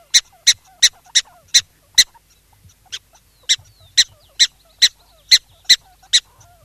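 Black-tailed prairie dog barking in quick high chirps, a run of six, a pause of about a second, then another steady series.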